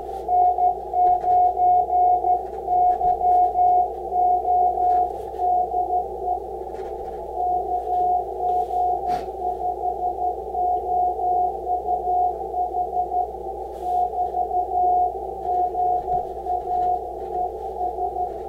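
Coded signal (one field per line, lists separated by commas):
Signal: Morse code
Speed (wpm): 12 wpm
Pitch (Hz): 720 Hz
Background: radio noise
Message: N9YO DE KG5OUH <BT> GA ES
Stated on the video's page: Sent with a straight key on an Icom IC-7300 during a CW ham radio QSO, the operator's first successful straight-key contact.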